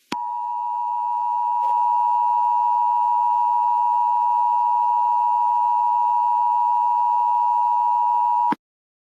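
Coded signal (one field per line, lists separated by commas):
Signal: Emergency Alert System (SAME) tones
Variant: 853 and 960 Hz attention tone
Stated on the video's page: Fictional EAS scenario about the Sudan conflict, using valid EAS tones.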